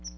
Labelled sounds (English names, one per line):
Chestnut-sided Warbler flight call